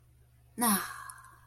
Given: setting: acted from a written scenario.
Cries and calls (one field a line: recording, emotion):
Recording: vocal sound without words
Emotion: contentment